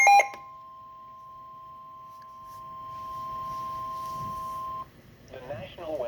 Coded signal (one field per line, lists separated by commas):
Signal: Emergency Alert System (SAME) tones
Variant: 1050 Hz attention tone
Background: speech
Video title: EAS #125: SMW-W